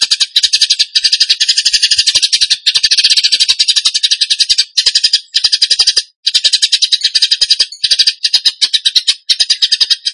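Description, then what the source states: Bird song with long phrases of fast, high, scratchy chatter, interrupted now and then by brief breaks before resuming at the same pace. Bird song in the tembakan gacor style, used as masteran (training for other birds).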